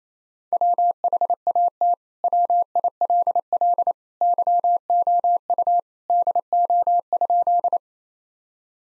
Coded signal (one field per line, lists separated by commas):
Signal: Morse code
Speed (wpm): 28 wpm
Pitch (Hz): 700 Hz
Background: none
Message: WHAT WILL YOU DO?